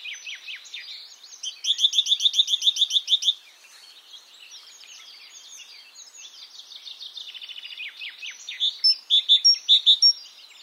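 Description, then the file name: Great tit calls: a fast run of chirping notes early on, later shorter bursts of notes. "Parus major"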